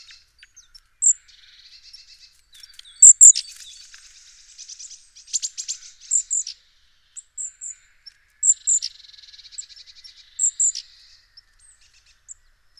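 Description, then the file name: Great tit calls, bright high pips and paired notes interspersed with buzzy churring runs, irregular bursts across the stretch with quiet gaps between. "Parus major"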